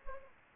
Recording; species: mosquito wingbeat signal from an infrared sensor; Aedes aegypti